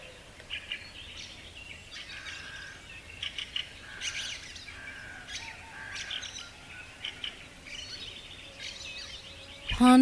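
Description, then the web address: Birds singing softly with scattered chirps and trills, then a sudden loud sound at the very end. Several birds singing together at dawn in a garden in summer. "multi voiced bird singing at dawn in the summer garden"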